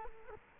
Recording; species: mosquito wingbeat signal from an infrared sensor; Culex quinquefasciatus